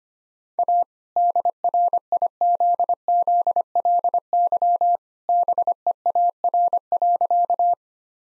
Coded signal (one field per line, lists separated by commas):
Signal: Morse code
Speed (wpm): 25 wpm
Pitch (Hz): 700 Hz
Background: none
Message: A DRIZZLY BEAR.